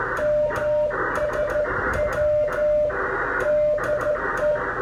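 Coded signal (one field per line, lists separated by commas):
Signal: Morse code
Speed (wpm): 12 wpm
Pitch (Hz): 600 Hz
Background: music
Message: MSW DE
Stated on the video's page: Operating from the Battleship North Carolina radio rooms during Museum Ships Weekend, with an antenna line placed over trees by drone.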